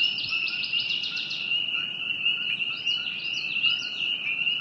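Frog chorus ringing steadily, overlaid by quick chirps at the start and again later.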